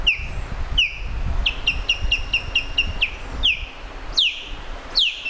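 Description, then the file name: Osprey giving loud, downslurred whistled calls, singly, then in a quick run of short even notes, then singly again, with low rumbling background noise throughout. "canto da aguia pescadora"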